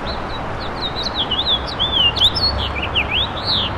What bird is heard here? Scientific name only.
Haemorhous mexicanus